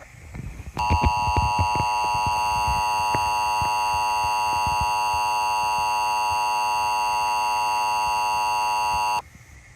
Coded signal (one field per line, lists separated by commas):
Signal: Emergency Alert System (SAME) tones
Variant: 853 and 960 Hz attention tone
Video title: EAS Scenario - Assassination